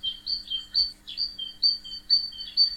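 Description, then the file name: Tit calling with high, thin two-note phrases, a higher note dropping to a lower one, repeated about every half second. "meise"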